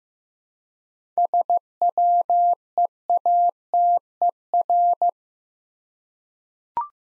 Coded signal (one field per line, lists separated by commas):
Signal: Morse code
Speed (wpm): 15 wpm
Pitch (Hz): 700 Hz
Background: none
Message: SWEATER